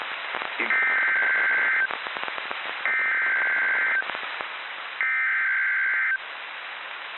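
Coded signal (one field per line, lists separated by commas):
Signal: Emergency Alert System (SAME) tones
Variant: header bursts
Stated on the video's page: Real NOAA Weather Radio severe thunderstorm warning issued by the National Weather Service in Burlington, Vermont.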